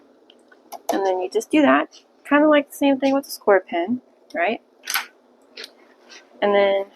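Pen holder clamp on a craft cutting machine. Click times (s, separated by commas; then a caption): 0.3 s. A pen sits in accessory clamp A of a craft cutting machine, and the clamp lever is pushed down until it clicks shut at 0.3 s with a sharp, short hit. Someone talks through most of the clip, and a few more brief clicks and taps are heard near 0.5 s, 4.9 s and 5.6 s. The pen holder clamp is seated and closed.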